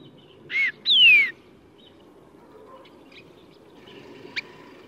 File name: 大卷尾